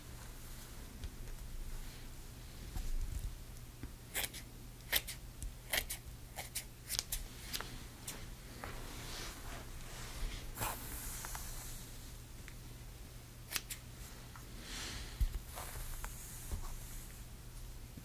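Scissors snip in quick, irregular clicks during hair styling, with a few soft brushy rustles over a steady low hum throughout.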